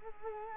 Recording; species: mosquito wingbeat signal from an infrared sensor; Culex quinquefasciatus